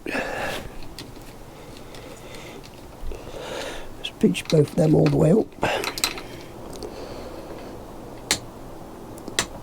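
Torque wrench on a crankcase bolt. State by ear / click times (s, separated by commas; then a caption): torque reached / 8.3 s, 9.4 s. Crankcase bolts on the bottom end of a Kawasaki GTR motorcycle engine are tightened with a socket and torque wrench while someone talks. Two sharp clicks of the torque wrench at its setting are heard at 8.3 s and 9.4 s, confirming the bolts are torqued.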